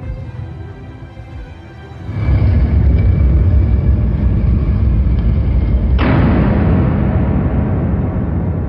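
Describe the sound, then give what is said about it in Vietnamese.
A low rumble swells into a loud, sustained roar of heavy grinding and booming as a massive gate hidden in a wall lowers outside an entrance, with a sharp shift in texture partway through as the noise continues without pause. “Không rõ lớp chạm phải chốt lẫy nào mà bỗng nghe bên ngoài lối vào có tiếng ầm ầm vang dội.”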